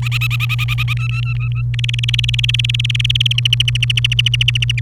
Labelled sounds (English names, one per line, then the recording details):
Domestic Canary song
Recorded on 30 April 2018 at 08:33
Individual llb3